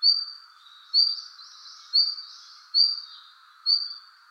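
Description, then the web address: Red-flanked bluetail calls: five clear high whistled notes spaced roughly one second apart, with a faint smeared note between and a constant humming background. Recorded on 22 November 2014. "birdenaga ruribitaki C 141122"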